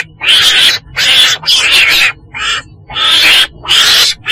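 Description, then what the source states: Weasel uttering short, harsh squealing bursts of about half a second, repeated irregularly with clear gaps between calls. Black weasel (chồn đen) calling.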